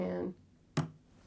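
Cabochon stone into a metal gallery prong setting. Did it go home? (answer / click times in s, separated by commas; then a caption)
yes / 0.8 s. A cabochon stone is pressed into a single gallery prong setting made of metal wire. Someone talks briefly, then after a pause a single sharp click at 0.8 s marks the stone snapping into place, seated in the setting.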